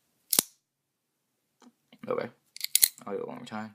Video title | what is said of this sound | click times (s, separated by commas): The Ganzo G-lock vs The Benchmade Axis Lock | especially the ex lock what's this one - its deployment where the access lock clicks into place okay | 0.3 s, 0.4 s